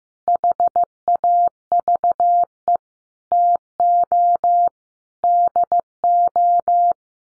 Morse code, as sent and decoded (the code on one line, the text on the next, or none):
.... .- ...- . / - --- / -.. ---
HAVE TO DO